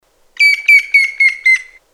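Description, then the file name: Grey-headed woodpecker giving a short, clear whistled series of several notes, gently falling in pitch, with nothing else audible. "pic cendre"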